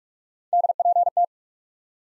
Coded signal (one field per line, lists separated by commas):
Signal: Morse code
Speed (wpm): 45 wpm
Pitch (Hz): 700 Hz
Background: none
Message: DPT